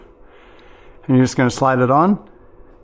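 A rear hub motor cable connector for a Lyric Cycles Graffiti X electric bike is being handled, about to be slid onto its mating plastic wiring harness connector with the clip tab facing outward. Someone talks from about 1.1 to 2.2 seconds over a quiet background. Nothing has seated or clicked yet.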